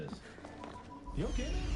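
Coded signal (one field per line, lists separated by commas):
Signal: none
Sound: game buzzer beeps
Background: speech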